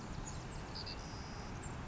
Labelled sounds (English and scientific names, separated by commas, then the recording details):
Savannah Sparrow (Passerculus sandwichensis)
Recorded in Sonoma County, California